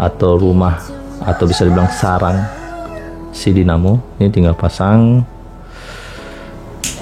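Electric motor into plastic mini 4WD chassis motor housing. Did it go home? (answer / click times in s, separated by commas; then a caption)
yes / 6.8 s. Someone talks while an electric motor is pushed into its plastic housing on a Super X mini 4WD chassis, against the brass terminals already fitted there. One sharp click is heard at 6.8 seconds as the motor snaps into the housing and seats.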